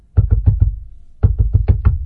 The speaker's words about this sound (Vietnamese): Bỗng nhiên có tiếng gõ cửa kèm theo tiếng của ….